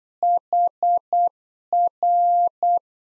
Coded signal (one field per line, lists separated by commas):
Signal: Morse code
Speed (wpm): 8 wpm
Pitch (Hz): 700 Hz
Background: none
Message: HR